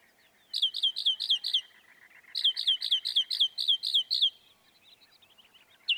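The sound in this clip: Northern mockingbird song: two bursts of quickly repeated, bright downslurred notes, with a lower buzzy trill running between them.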